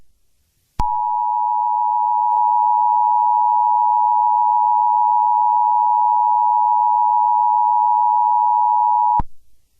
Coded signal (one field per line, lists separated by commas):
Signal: Emergency Alert System (SAME) tones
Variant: 853 and 960 Hz attention tone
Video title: EAS SCENARIO Detroit